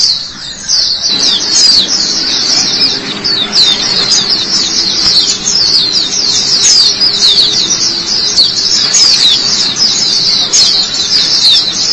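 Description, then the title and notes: White-eye song beginning after a brief quiet moment, then a sustained, rapid stream of high, sweeping twitters continuing to the end. White-eye chirping song. "Kicauan Burung Pleci Durasi Panjang. Suara kicauan burung pleci"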